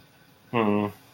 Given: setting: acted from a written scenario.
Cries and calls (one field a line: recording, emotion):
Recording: vocal sound without words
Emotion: romantic love